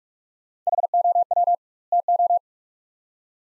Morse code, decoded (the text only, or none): HOW TO